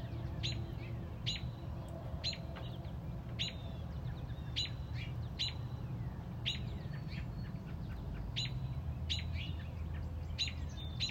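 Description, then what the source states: Robin sharp chips repeated steadily, sometimes in quick pairs, with faint high thin notes and a persistent low-frequency background hum. Mother robin protecting a newly hatched chick on a front porch.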